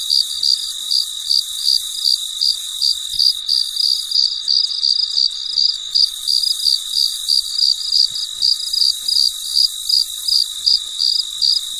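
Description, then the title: Cricket giving rapid repeated chirps, short bright pulses about three each second, backed by a steady high-pitched drone. Recorded late at night, in very quiet surroundings. "深夜录制蟋蟀昆虫声"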